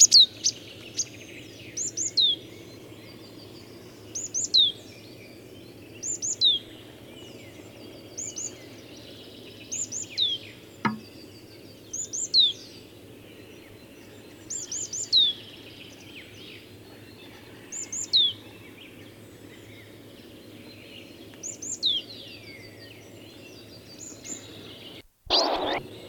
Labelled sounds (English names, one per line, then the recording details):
Marsh Tit song
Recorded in the wild
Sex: male
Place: Gingst, Insel Rügen, Mecklenburg-Vorpommern, DE
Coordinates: 54.456, 13.311
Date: 1978-04-19 05:10
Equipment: Nagra III BH, Sennheiser MD 21, parabola
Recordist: Schubert, Michael
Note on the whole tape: Gesang Sumpfmeise